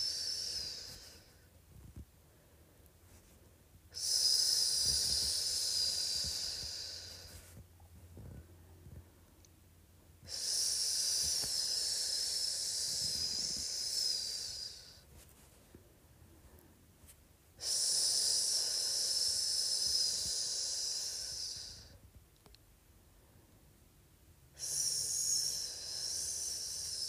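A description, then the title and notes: Long, drawn-out whispered "sssss" sounds, each a bright, sharp hiss held steady for about four to five seconds. Four of them come at fairly regular intervals, separated by quiet pauses with only faint low rumbles and soft bumps. ASMR Sssss Sound.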